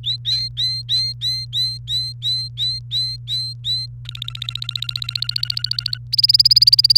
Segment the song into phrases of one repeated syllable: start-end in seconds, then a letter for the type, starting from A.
0.03-3.86 A, 4.05-5.98 B, 6.12-6.97 C